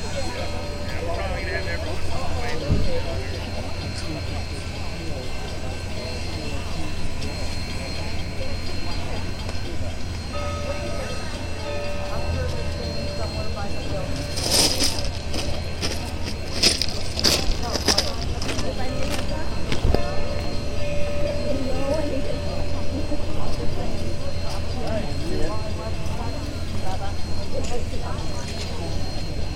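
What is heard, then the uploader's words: Union Pacific 844 and Big Boy at Pacific, MO: a steady low rumble runs throughout, with a faint held tone drifting in and out. Between about 14 and 20 seconds a cluster of sharp metallic clanks and clicks stands out, with people talking underneath. 844 Big Boy, Pacific, MO. A stereo field recording from October 2016 in Pacific, Missouri. 844 approaching, sitting and then leaving, was made at the intersection of First Street and the train tracks.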